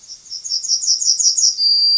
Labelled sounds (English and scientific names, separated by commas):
Yellowhammer (Emberiza citrinella) song